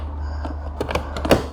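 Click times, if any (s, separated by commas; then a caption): none. An interior door trim piece with plastic clips is slid into position on the door panel of a legacy Tesla Model S. Soft knocks and rubs come over a steady low hum, ending with the loudest, sharpest hit at about 1.3 s. Nothing has seated or clicked into place yet.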